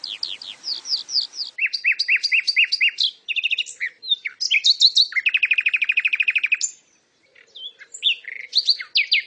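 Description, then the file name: Lark song, a rapid, varied string of high chirps, each note type repeated in quick bursts of several, then a brief pause before more trilled phrases. Masteran training audio for songbirds. "masteran untuk lark"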